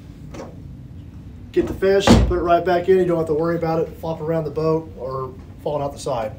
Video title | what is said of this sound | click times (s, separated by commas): NuCanoe Walkthrough | easy to grab with the paddle holder it clicks right in there | 0.3 s